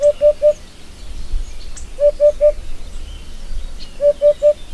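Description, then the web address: Eurasian hoopoe song: soft, hollow three-note hoots, 'oop-oop-oop', given in even triplets about every two seconds, with a low background rumble. "agykontroll Madardalok Cd 2. Búbosbanka"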